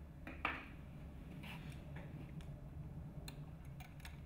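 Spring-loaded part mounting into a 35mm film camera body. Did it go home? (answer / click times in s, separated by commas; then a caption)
yes / 0.5 s. A spring-loaded metal part is fitted into its mount inside a 35mm film camera body. A sharp metallic click at 0.5 s, the loudest sound in the clip, marks it locking in place, with fainter small taps and ticks around it over a low background hum. The part is seated and locked in.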